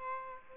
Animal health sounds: mosquito wingbeat signal from an infrared sensor; Aedes albopictus

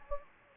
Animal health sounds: mosquito wingbeat signal from an infrared sensor; Anopheles gambiae

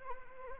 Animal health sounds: mosquito wingbeat signal from an infrared sensor; Anopheles arabiensis

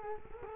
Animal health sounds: mosquito wingbeat signal from an infrared sensor; Culex quinquefasciatus

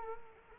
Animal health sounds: mosquito wingbeat signal from an infrared sensor; Culex quinquefasciatus

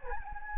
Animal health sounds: mosquito wingbeat signal from an infrared sensor; Anopheles gambiae

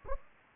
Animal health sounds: mosquito wingbeat signal from an infrared sensor; Anopheles gambiae

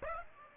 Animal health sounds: mosquito wingbeat signal from an infrared sensor; Aedes aegypti

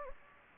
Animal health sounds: mosquito wingbeat signal from an infrared sensor; Anopheles gambiae

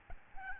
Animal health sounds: mosquito wingbeat signal from an infrared sensor; Aedes albopictus

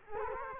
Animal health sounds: mosquito wingbeat signal from an infrared sensor; Culex quinquefasciatus

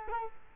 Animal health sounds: mosquito wingbeat signal from an infrared sensor; Culex quinquefasciatus

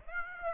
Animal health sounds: mosquito wingbeat signal from an infrared sensor; Aedes aegypti

